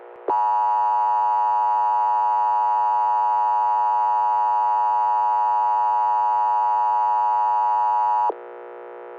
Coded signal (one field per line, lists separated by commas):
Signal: Emergency Alert System (SAME) tones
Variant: 853 and 960 Hz attention tone